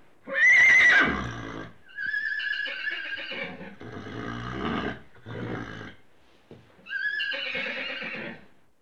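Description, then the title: Horse whinnying: a high quavering neigh falling in pitch, followed by several more rough neighs in bursts with brief pauses between them. "NHK Sound Effects Collection - 3-Frogs, Crickets, Cicadas, Horses"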